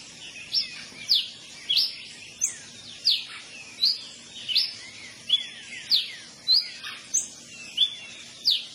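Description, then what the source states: Yellow-billed cardinal singing a series of high, sharply down-slurred whistled notes, roughly one and a half per second, against a quiet background. Song, Pantanal.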